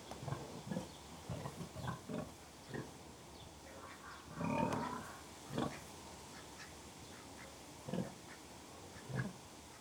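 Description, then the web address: Pig grunts: low grunts scattered through, with one longer, nasal call in the middle. Three pigs grunting occasionally; livestock. "BBC Sound Effects Library BBC Livestock Three Pigs Grunting Occasionally"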